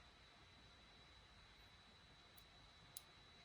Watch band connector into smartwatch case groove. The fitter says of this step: you just need to slide it in this groove and you'll hear a click